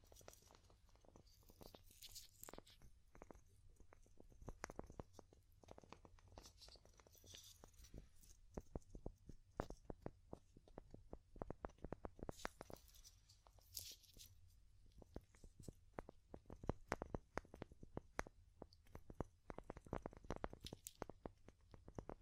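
Wood tapping in quick, uneven clusters of sharp knocks, with brief brighter scratchy bursts around three and thirteen seconds over a low steady rumble.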